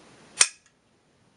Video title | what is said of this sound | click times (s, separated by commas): How To Disassemble VMAC45 & VMAC9 Pistols | by pushing this back here and you'll hear a click | 0.4 s